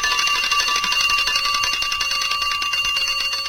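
A mechanical alarm clock rings nonstop, a rapid, shrill metallic clatter holding steady and loud throughout, with no voices.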